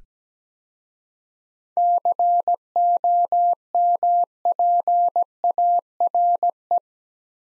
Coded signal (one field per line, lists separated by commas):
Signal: Morse code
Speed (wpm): 17 wpm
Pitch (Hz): 700 Hz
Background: none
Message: COMPARE